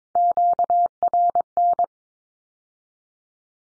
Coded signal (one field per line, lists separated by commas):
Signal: Morse code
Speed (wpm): 22 wpm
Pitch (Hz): 700 Hz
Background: none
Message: QRN